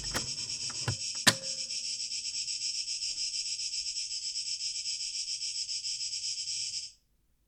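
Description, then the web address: Cicadas buzzing in a dense, steady, high hiss with a faint pulse, preceded by a few sharp knocks, and cutting off abruptly near the end. Cicadas, 2023-08-12. "rauschpartikel Audio 2023-08-12 Zikaden"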